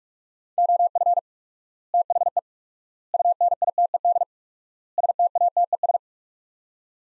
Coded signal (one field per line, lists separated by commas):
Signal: Morse code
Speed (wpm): 47 wpm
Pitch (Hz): 700 Hz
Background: none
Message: OF THE UNITED STATES